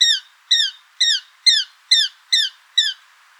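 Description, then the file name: Eurasian jay calling seven loud, harsh-edged, downslurred notes spaced evenly about half a second apart. "Garrulus glandarius"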